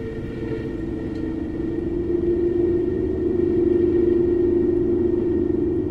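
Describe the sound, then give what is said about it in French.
Wind gusts outside a lighthouse roar in a steady, low rumble, forcing through the play around a closed door's lock, with a sustained hollow whistling tone riding on top; the noise swells slightly after a couple of seconds and holds, with no voices. “Ce n'étaient pas des fantômes, mais les rafales en extérieur.”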